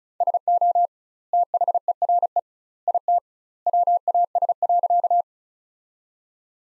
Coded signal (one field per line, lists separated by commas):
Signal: Morse code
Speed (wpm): 34 wpm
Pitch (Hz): 700 Hz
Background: none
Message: SO THERE IT WAS.